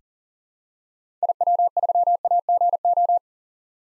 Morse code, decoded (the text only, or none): IW3AGO